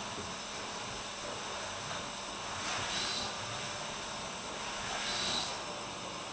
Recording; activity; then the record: daily activity, microphone in the room; vacuum cleaning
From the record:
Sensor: 2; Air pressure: 988.5 hPa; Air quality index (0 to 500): 195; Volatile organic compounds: 210 ppm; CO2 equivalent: 4244 ppm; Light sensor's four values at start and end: 19/65/25/24 and 19/66/25/24